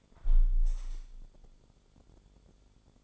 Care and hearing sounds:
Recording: daily activity, microphone in the room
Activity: close window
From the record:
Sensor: 5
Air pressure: 1015.0 hPa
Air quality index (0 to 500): 110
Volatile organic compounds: 2 ppm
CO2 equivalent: 1178 ppm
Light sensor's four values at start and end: 35/81/33/31 and 35/81/33/31

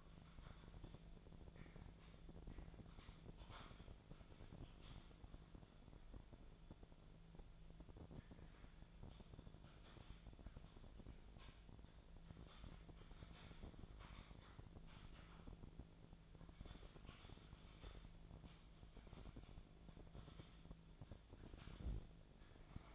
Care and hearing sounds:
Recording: daily activity, microphone in the room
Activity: typing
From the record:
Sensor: 5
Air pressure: 1000.3 hPa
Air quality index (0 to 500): 116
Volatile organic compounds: 1 ppm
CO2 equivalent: 928 ppm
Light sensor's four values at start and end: 115/271/116/125 and 113/265/114/122

